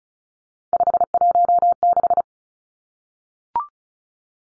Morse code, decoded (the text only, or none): 516